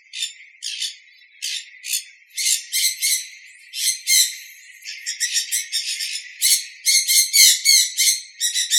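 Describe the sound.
Sun conure giving harsh, loud screeches in rapid irregular bursts, several per second at times, with short gaps between runs of calls.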